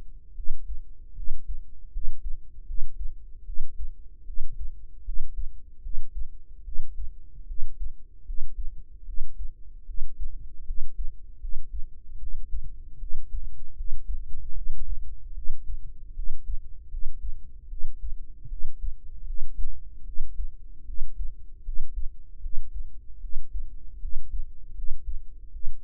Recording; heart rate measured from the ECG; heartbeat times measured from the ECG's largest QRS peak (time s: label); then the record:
heart sounds by microphone in the right ear; 76 bpm
0.34 s: heartbeat
1.14 s: heartbeat
1.91 s: heartbeat
2.65 s: heartbeat
3.44 s: heartbeat
4.24 s: heartbeat
5.03 s: heartbeat
5.81 s: heartbeat
6.63 s: heartbeat
7.46 s: heartbeat
8.24 s: heartbeat
9.04 s: heartbeat
9.85 s: heartbeat
10.64 s: heartbeat
11.39 s: heartbeat
12.17 s: heartbeat
12.98 s: heartbeat
13.74 s: heartbeat
14.52 s: heartbeat
15.33 s: heartbeat
16.13 s: heartbeat
16.88 s: heartbeat
17.67 s: heartbeat
18.47 s: heartbeat
19.24 s: heartbeat
20.03 s: heartbeat
20.84 s: heartbeat
21.63 s: heartbeat
22.40 s: heartbeat
23.19 s: heartbeat
23.99 s: heartbeat
24.73 s: heartbeat
25.50 s: heartbeat
From the record:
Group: healthy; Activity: cold pressor test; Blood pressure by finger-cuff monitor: 93/59 mmHg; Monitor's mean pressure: 72 mmHg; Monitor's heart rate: 76 bpm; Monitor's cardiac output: 6.8 L/min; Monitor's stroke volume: 89 mL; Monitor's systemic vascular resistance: 770 dyn s/cm5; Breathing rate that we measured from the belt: 22 breaths a minute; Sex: female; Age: 19 years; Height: 163 cm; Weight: 48.9 kg